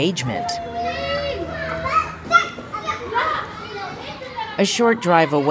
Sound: soundbite of children shouting

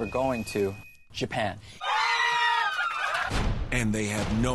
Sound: soundbite of cheering

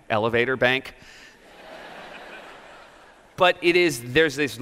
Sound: laughter

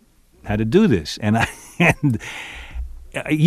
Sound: laughter

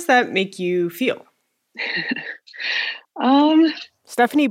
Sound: laughter

